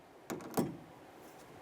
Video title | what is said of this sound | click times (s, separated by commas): How to Replace Front Power Window Motor and Regulator Assembly 2005-2010 Chevy Cobalt | Put this in position, slide it in till you listen for a click. | 0.3 s